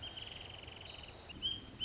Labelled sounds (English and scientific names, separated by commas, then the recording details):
Wrentit (Chamaea fasciata)
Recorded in Sonoma County, California